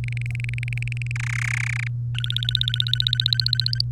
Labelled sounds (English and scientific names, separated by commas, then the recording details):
Domestic Canary (Serinus canaria) song
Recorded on 3 May 2018 at 13:35
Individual llb3